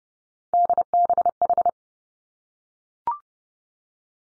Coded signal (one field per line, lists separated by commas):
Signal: Morse code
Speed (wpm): 30 wpm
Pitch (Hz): 700 Hz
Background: none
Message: DBH